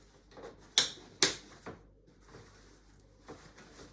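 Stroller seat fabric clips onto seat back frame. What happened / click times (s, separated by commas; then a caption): Two plastic side clips snap onto a frame / 0.8 s, 1.2 s. A Nuna Demi Next stroller's reattached seat fabric is placed on the seat back, and its plastic side clips are pressed onto the frame. Two loud, sharp snaps sound at 0.8 s and 1.2 s, one clip on each side, with softer handling noises around them. The fabric is seated on the frame.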